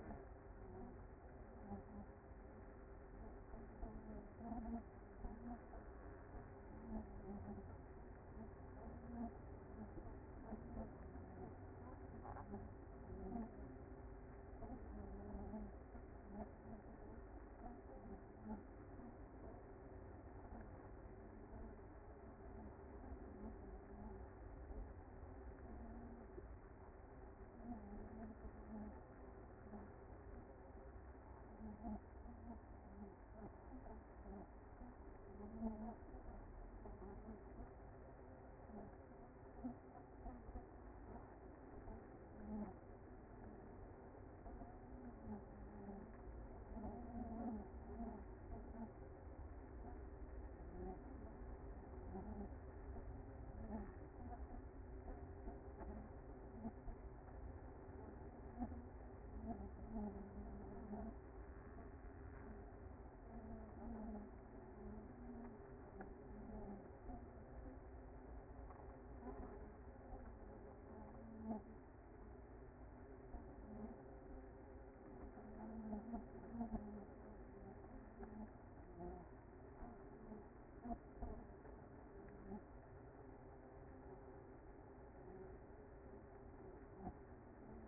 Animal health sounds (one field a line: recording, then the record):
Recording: honeybee colony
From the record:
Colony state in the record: active